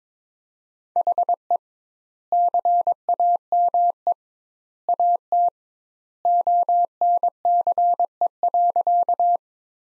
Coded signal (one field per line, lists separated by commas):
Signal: Morse code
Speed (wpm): 21 wpm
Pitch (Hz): 700 Hz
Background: none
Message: HE CAME AT ONCE.